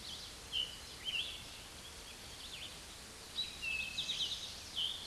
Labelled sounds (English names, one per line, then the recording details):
Eastern Towhee song
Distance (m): 35 m
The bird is about 5 m above the microphone
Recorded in a Pennsylvania forest on 16 May 2024 at 06:06
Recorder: AudioMoth, point MSD-2287
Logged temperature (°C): 11.2 °C
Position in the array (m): 109 m, 6 m